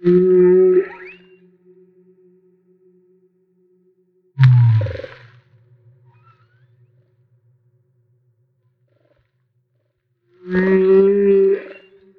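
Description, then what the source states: Humpback whale song: three separated units, a steady harmonic tone, a low groaning grunt, then the tone again, with long reverberant tails between. Recorded off Maui.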